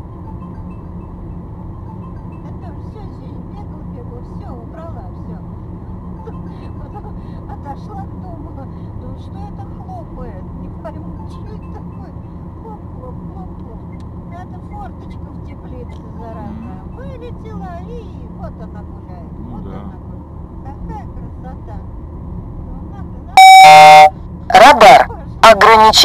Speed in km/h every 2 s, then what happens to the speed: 64, 65, 63, 64, 64, 64, 63, 62, 61, 60, 58, 59, 58.
0-26 steady at about 63.